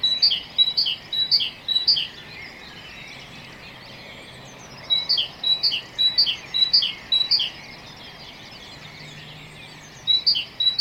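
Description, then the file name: Great tit song, a rhythmic two-note phrase repeated several times per burst, in bursts separated by pauses of a few seconds. "Parus major"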